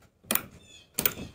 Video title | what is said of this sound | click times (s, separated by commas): Campervan Build - Installing the Tern Overland window | And then it has three clicks that just hold. | 0.3 s, 1.0 s